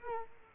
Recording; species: mosquito wingbeat signal from an infrared sensor; Culex quinquefasciatus